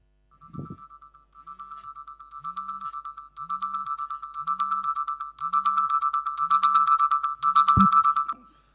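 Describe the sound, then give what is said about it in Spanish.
A mobile phone alarm rings with a repeating electronic chirping pattern over a steady high tone, growing steadily louder over several seconds before cutting off, with a soft thump at the start and near the end. “Suena el despertador. Por supuesto, el sonido sale de mi móvil.”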